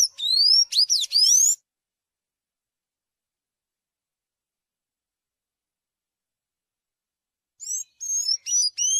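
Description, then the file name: Sayaca tanager: a short tumble of squeaky, sweeping high notes, then a long silence before a few more squeaky notes near the end. "sanhaco azul"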